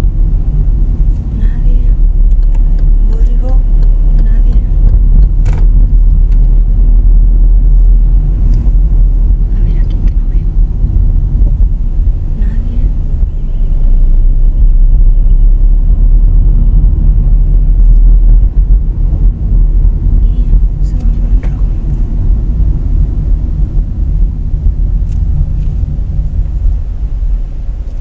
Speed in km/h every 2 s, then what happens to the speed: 29, 30, 31, 33, 31, 25, 24, 27, 33, 34, 30, 23, 13, 5.
0-7 steady at about 30. 7-12 slows to 24. 12-16 speeds up to 33. 19-28 brakes to 5.